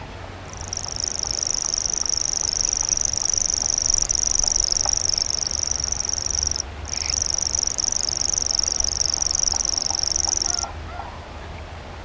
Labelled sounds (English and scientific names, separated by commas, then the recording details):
Common Grasshopper Warbler (Locustella naevia) song
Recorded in the wild
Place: Schweinsberg, DE
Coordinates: 50.7678, 8.98222
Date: 1964-04-21 20:00
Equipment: Uher Report 4000, AKG D190
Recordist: Krey, Winfried